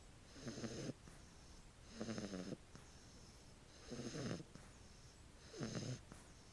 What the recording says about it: The sound of puppies sleeping snoring. My dogs make the funniest little noises when they sleep.